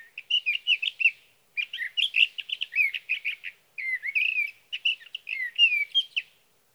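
Sage thrasher song: long, rapid warbling phrases of varied whistled and buzzy notes, broken by short pauses, no other sounds.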